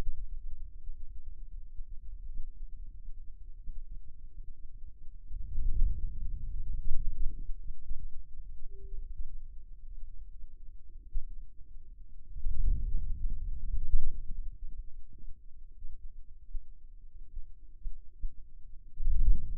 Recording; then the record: forearm muscle sounds (acoustic myography)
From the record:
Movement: ulnar deviation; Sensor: system 2, bracelet of six BSWA MPA416 microphones around the upper forearm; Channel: 3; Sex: male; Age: 22 years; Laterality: right